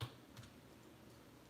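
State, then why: Stripped. While taking apart a laptop, a driver slips on a screw in the laptop chassis that is far too tight, stripping the screw head. Two sharp clicks are heard at about 0.0 and 0.4 seconds over low background noise, and the screw head ends up stripped.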